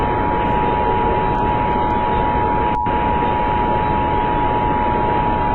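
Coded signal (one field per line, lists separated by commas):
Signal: Emergency Alert System (SAME) tones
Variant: 853 and 960 Hz attention tone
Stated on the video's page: Fictional animated EAS scenarios.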